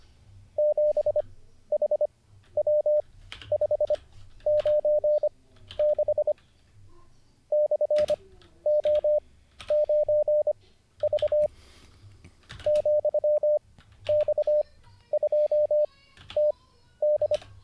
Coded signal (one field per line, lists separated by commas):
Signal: Morse code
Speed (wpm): 25 wpm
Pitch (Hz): 600 Hz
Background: none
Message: 7HW596 /O9V ,X2TD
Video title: N0SSC Learns Morse Code (Day 49) [Livestream]